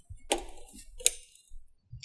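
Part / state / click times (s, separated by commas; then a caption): RAM module into printer formatter board memory slot / seated / 0.3 s, 1.1 s. A RAM module is slid back into the memory slot on the formatter board of an HP 4350 printer and pushed until both side retaining clips click, as a fix for a blank menu screen. Two sharp clicks sound at 0.3 s and 1.1 s, followed by a fainter tick near 2.0 s. The module is seated.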